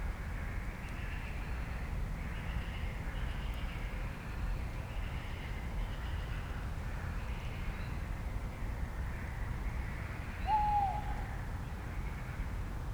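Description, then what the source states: Tawny Owl gives a single slightly falling tonal note near the end, after a stretch of continuous hiss and a faint pulsing chorus. At night around 01:30, over the Roselière des Gourgues reedbed, Fenouillet, France; reedbed fallen silent, frog chorus moved into the distance, probably on the lake; sound-trap recording.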